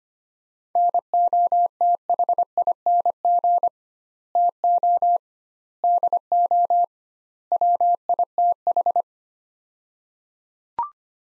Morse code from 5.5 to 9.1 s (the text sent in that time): DO WITH